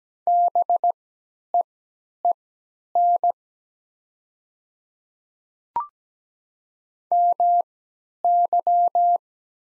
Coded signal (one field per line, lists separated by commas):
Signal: Morse code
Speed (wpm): 17 wpm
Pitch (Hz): 700 Hz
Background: none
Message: BEEN MY